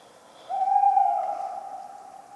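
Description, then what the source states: Tawny owl giving one long, steady hooted note that holds level for about two seconds before fading, over a quiet night background. Talkative bird on a cold autumn night, 11 November 1995, at the Ménigoute ornithological film festival, France.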